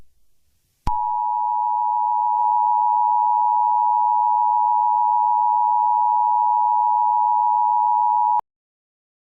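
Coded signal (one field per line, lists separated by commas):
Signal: Emergency Alert System (SAME) tones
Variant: 853 and 960 Hz attention tone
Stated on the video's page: Fictional EAS scenario.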